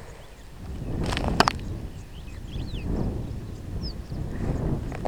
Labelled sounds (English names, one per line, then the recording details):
Superb Starling flight call
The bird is a male
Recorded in Kenya on 17 June 2010
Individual 104, of group SRB2